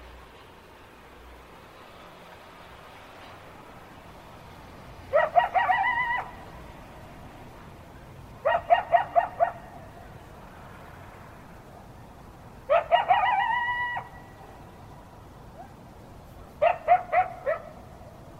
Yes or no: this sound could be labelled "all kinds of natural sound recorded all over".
yes